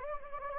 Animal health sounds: mosquito wingbeat signal from an infrared sensor; Anopheles gambiae

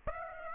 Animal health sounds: mosquito wingbeat signal from an infrared sensor; Aedes aegypti

